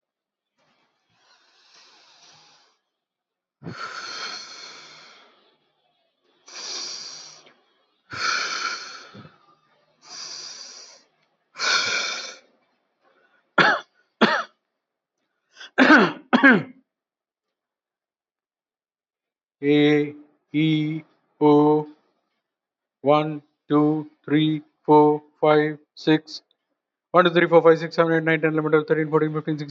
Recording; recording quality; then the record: shallow breathing; poor, much background noise or distortion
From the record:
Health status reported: healthy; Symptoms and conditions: none ticked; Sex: male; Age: 56 years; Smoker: not ticked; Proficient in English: yes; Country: India